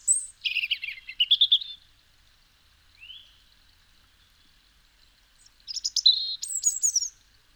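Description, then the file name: European robin song in two bursts of high, tinkling, rapidly changing notes, with a single soft rising whistle between them and silence otherwise. "Erithacus rubecula"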